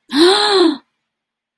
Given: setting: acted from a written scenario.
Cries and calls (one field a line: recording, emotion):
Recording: vocal sound without words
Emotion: negative surprise